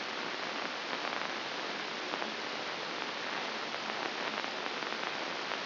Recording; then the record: brain microelectrode recording played as sound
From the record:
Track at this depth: inside the subthalamic nucleus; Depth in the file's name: 1.636 mm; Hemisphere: left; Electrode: 2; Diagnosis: Parkinson's disease